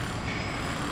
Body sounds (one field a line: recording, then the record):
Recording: background sound without coughing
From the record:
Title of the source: 30 MINUTES Construction Site Ambience (CC BY 4.0)